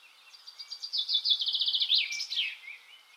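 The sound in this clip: Bird giving a fast series of high, rapidly repeated trilled notes, rising then dropping into a short buzzy slurred phrase near the end.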